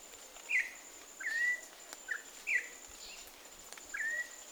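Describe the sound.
Campo troupial crisp whistled notes, some short and downslurred, others drawn out, over a faint steady high tone.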